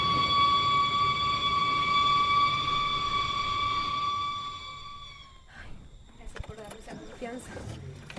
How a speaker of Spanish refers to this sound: Pero no, mi amor, esa sirena no suena por nosotros. Vamos a hacernos a un lado y darles paso.